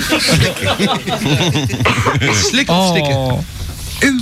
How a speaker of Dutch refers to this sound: Je moet niet hoesten